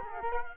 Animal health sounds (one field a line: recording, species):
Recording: mosquito wingbeat signal from an infrared sensor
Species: Culex quinquefasciatus